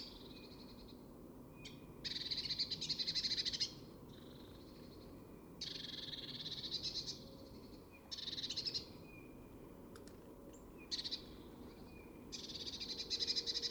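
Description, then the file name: Eurasian blue tit scolding with repeated buzzy churrs, in bursts of up to about two seconds coming irregularly. "Cyanistes caeruleus"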